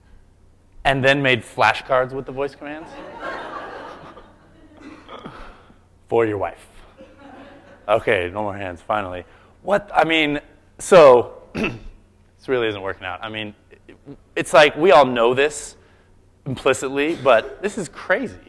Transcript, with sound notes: And then made flash cards with the voice commands [laughter] for your wife? OK, no more hands, finally.
What, I mean, so this really isn’t working out. It’s like we all know this implicitly, but this is crazy.